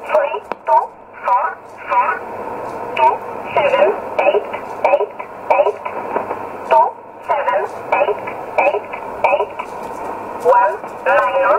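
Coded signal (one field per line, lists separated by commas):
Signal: numbers station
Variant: E11 Oblique, English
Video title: 12 08 2017 Numbers station E11 Oblique in English to Eu 0811 on 9079 in USB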